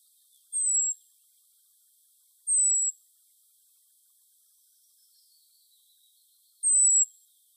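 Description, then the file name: European robin, three high thin descending notes spaced about two and four seconds apart, with faint softer notes lower in between. "Erithacus rubecula"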